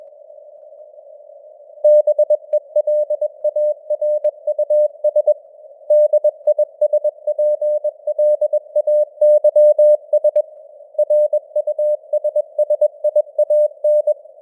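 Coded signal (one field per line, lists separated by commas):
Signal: Morse code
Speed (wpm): 21 wpm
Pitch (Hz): 600 Hz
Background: none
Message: BELARUS DISPLAYS RUSSIAN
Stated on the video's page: News headlines sent at 21 wpm with simulated radio noise and varying signal strength (QSB); a simulated signal.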